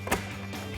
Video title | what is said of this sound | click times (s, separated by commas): 2015-2018 F150 Axial Sequential LED Side Mirror Marker Lights; Smoked Review & Install | It snaps back in place and you're good to go. | 0.1 s